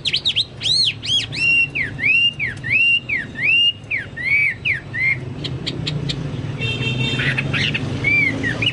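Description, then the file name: Chinese hwamei song, clear arched whistles repeated at a steady pace, followed by buzzy chatter and a final whistle, with low hum behind. "hwamei-2-omkicau"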